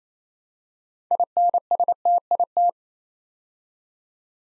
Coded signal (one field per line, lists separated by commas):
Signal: Morse code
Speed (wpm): 27 wpm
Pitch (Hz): 700 Hz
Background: none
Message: INSTIT